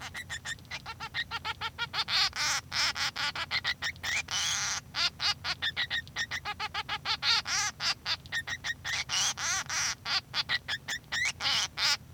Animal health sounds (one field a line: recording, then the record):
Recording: song of a male Bengalese finch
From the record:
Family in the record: son of father 3